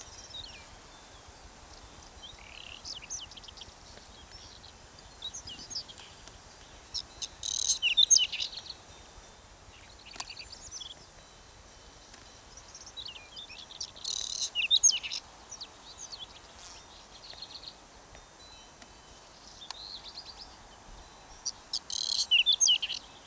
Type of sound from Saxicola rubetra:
song